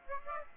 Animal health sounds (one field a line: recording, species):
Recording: mosquito wingbeat signal from an infrared sensor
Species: Aedes aegypti